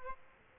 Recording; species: mosquito wingbeat signal from an infrared sensor; Aedes aegypti